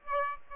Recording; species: mosquito wingbeat signal from an infrared sensor; Aedes aegypti